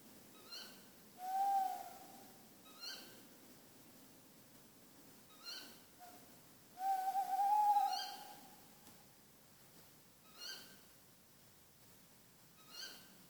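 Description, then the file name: Tawny owl hooting: a drawn-out hoot, then a brief note and a longer wavering hoot, with short higher notes repeating every two to three seconds. "Waldkauz - Strix aluco"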